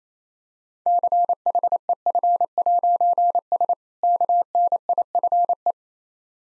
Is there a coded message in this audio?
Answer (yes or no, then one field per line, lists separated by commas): yes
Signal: Morse code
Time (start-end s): 0.9-5.7 s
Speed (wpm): 28 wpm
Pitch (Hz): 700 Hz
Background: none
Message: CHEF'S KNIFE